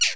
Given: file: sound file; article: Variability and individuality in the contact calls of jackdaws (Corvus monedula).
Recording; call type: jackdaw call; noisy